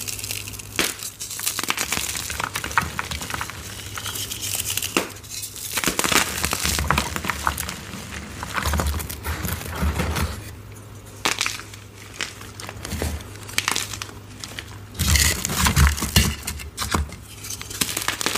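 Crispy gym chalk is crushed and crumbled in a steady run of dense, crackling crunches, with sharp bright snaps standing out around 1, 5.5, 11 and 15 seconds. A low steady hum runs underneath, and the crunching swells busiest near 15 to 17 seconds.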